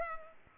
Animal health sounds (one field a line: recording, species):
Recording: mosquito wingbeat signal from an infrared sensor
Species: Culex pipiens